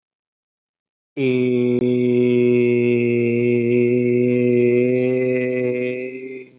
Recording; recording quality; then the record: sustained vowel as in made; excellent, no background noise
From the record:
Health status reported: respiratory illness, not identified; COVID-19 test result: not tested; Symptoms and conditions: none ticked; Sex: male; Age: 27 years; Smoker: not ticked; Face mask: not worn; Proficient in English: no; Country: India